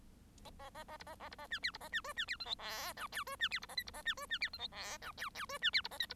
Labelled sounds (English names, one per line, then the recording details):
Bengalese Finch song
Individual Bird1